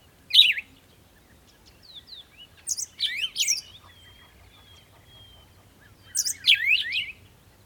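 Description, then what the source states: Bird song with sharp, high chirps in three bursts, separated by thin whistled notes and a quiet pause. Birds singing in the morning.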